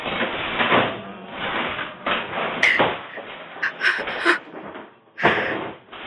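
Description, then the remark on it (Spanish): The dead pound on a door, as they have for hours, with irregular heavy bangs and thuds, some sharp and loud, over a constant dense, rough rumble of noise. “Llevan horas aporreando la puerta.”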